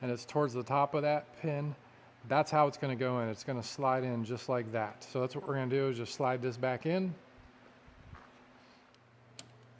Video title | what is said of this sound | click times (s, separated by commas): Dodge Durango EVAP Leak P0456: The #1 Failure Point! | You'll hear it click. | 9.4 s